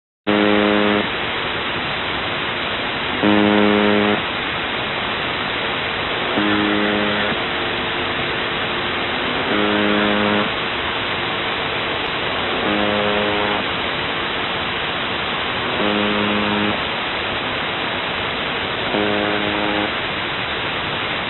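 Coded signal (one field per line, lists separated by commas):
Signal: channel marker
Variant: UVB-76 buzzer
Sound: short harsh low buzzes, about one second each, repeating every three seconds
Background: radio static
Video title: UVB 76 4625 KHZ 81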